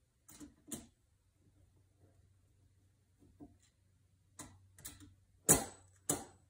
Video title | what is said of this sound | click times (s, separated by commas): DePuy Synthes Multiloc | that click and then press down the top and that will expand and | 6.1 s